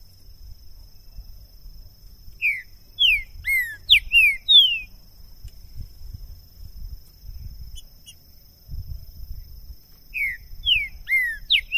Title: Esse É PERFEITO Para ESQUENTAR Seu TRINCA Piando, Cantando E Macheando Na DISPUTA. LEVEI 2 TRINCA FERRO NO MATO!! PERFEITO PARA ABRIR O CANTO DO TRINCA FERRO!! 2022!